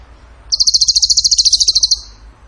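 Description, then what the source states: Bird trill: one burst of many rapid, evenly spaced high notes lasting roughly a second and a half, with quiet before and after. Masteran training recording for cage birds; song in the tembakan gacor style.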